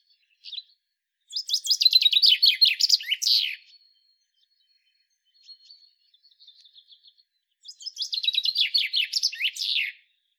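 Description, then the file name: Common chaffinch singing two full phrases about six seconds apart, each a rapid run of bright notes ending with a flourish. "Fringilla coelebs"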